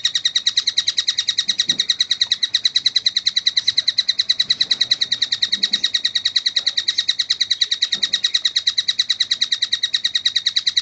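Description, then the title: Oriental magpie-robin: a steady run of sharp, ringing chips repeated rapidly without pause, each note much the same. "Kicau Kacer"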